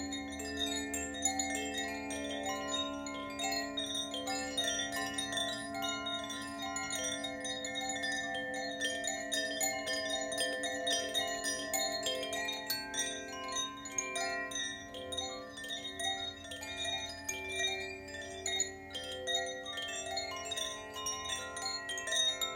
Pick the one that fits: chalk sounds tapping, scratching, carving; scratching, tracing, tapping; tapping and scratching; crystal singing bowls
crystal singing bowls